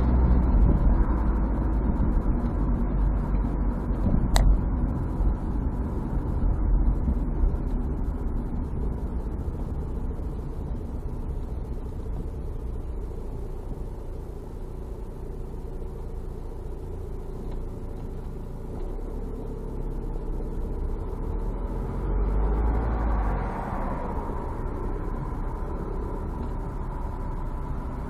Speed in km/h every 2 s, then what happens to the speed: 42, 35, 32, 29, 21, 14, 6, 0, 0, 0, 0, 13, 16, 15.
0-13 slows to 0. 13-21 standing. 21-28 pulls away to 15.